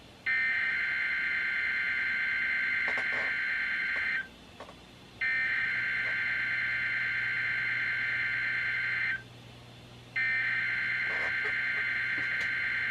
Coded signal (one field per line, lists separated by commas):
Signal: Emergency Alert System (SAME) tones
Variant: header bursts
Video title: EAS #15-#17: Flood Warnings and the RWT | KHB36